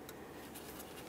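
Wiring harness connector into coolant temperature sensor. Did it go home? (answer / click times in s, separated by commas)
no / none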